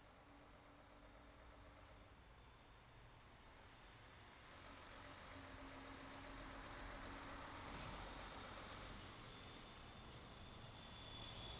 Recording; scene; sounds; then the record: everyday scene through a hearing-aid microphone; in traffic; traffic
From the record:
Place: city secondary road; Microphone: in the ear canal, left